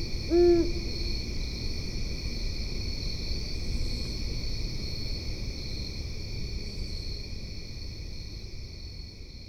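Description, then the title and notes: Great horned owl giving a single deep, short hoot near the start, then a steady high-pitched drone and low rumble fill the rest. Possibly a male, deeper hoot; West Grove Dog Park, Alexandria/Fairfax County, Virginia; 4am, 11 September 2015, 70 degrees; Fostex FR-2, Sennheiser ME62, Telinga parabola. "Great Horned Owl recorded at West Grove Dog Park (Alexandria/Fairfax County, VA)"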